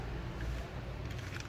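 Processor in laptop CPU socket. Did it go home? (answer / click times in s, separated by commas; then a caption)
no / none. A processor is handled while being reinstalled into the CPU socket of an Acer laptop, with the socket lock lever about to latch. Steady low handling noise fills the clip, with a brief louder handling sound at about 1.4 seconds. Nothing has seated or clicked yet.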